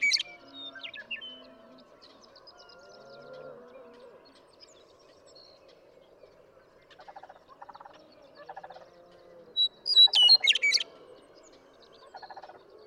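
Western meadowlark song: a short, loud burst of clear, tumbling whistled notes late, over quieter warbling and intermittent pulsed trills.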